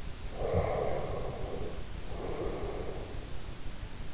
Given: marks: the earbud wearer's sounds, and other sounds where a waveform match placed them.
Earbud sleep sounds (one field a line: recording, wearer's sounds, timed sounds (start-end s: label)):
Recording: sounds in sleep by an in-ear microphone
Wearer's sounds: snoring breath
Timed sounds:
0.23-3.26 s: snoring breath